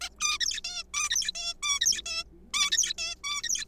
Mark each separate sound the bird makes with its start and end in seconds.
0.01-0.09, 0.21-0.38, 0.40-0.61, 0.64-0.84, 0.94-1.09, 1.10-1.32, 1.35-1.54, 1.63-1.80, 1.81-2.01, 2.06-2.24, 2.54-2.71, 2.72-2.93, 2.98-3.15, 3.24-3.42, 3.43-3.65